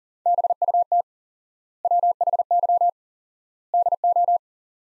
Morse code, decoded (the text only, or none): BUT WHY DO